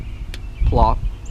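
A wiring harness plug is handled at the back of a new plastic side marker light housing on a car during the install, with the plug about to be pushed on. Someone talks over low background rumble, and a brief sharp tick is heard at 0.3 s. Nothing has seated or clicked yet.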